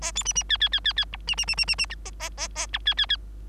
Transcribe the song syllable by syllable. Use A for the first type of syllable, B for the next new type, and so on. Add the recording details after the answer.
A B C C D D D D D E C C C C C C F A A A A F D D D. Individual Bird3